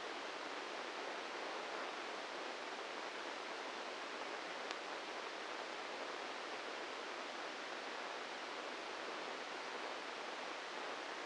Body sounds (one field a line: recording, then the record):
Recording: brain microelectrode recording played as sound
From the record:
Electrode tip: inside the subthalamic nucleus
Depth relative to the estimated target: -2 mm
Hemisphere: left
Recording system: NeuroSet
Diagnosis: Parkinson's disease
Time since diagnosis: 8 years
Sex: male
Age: 46 years